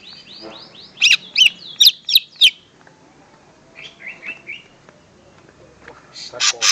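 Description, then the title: Greater green leafbird song: a fast burst of sharp, high chirping notes, then quieter twittering phrases and a final bright scratchy flourish. "Kicau Burung Cucak Ijo"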